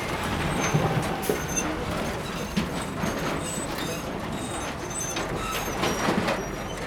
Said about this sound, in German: und genau, da kommt nochmal so ein schöner Schweinetransport.